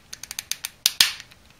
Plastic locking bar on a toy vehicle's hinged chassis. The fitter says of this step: this little bar here locks into place like if you push it forward